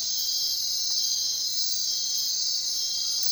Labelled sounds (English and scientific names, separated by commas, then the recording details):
none
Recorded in secondary vegetation near Puerto Asís, Putumayo, Colombia, on 23 June 2025 at 02:00
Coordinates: 0.499, -76.323
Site G077